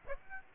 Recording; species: mosquito wingbeat signal from an infrared sensor; Aedes aegypti